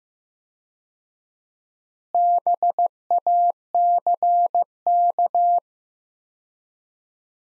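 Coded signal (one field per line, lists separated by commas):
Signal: Morse code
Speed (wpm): 15 wpm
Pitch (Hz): 700 Hz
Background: none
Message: BACK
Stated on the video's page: Morse practice sets of five words at 15 wpm with 4x word spacing, similar to Farnsworth; each set is sent in Morse then spoken.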